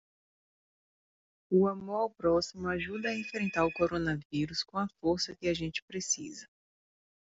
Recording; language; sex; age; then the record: spoken sentence; Brazilian Portuguese; female; 30 to 39 years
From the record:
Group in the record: control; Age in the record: 35 years